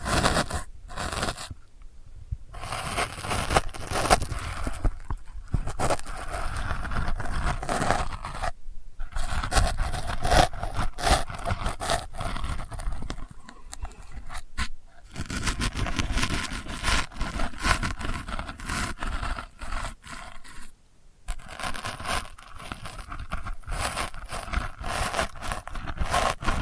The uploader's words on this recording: ASMR Delicate Scratching for Sleep (No Talking).